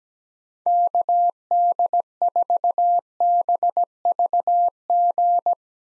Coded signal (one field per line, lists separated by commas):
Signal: Morse code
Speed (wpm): 17 wpm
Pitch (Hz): 700 Hz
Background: none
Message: KD4BVG